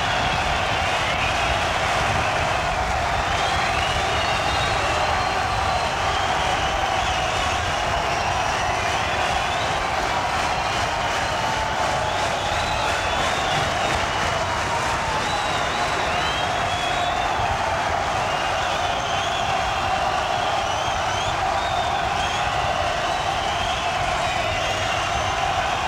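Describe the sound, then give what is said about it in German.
A large crowd in Michendorf roars and cheers without pause as the Chancellor's car departs toward the Brandenburg Gate, a dense, loud wall of voices with shouts and shrill calls rising above it, holding steady for nearly half a minute. “Als der Kanzler losfuhr, gab es noch einmal tosenden Jubel.”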